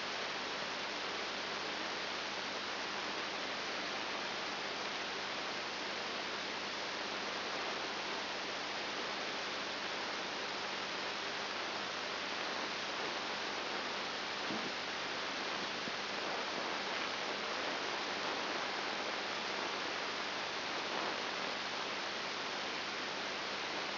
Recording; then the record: brain microelectrode recording played as sound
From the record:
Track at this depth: inside the subthalamic nucleus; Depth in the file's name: 4.901 mm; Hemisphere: left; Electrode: 3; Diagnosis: Parkinson's disease